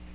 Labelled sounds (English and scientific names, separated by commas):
Magnolia Warbler (Setophaga magnolia) flight call